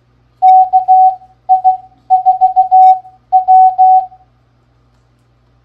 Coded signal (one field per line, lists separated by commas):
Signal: Morse code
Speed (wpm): 16 wpm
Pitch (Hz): 750 Hz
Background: none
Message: KI4W